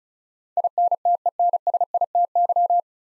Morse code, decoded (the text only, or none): INTENSITY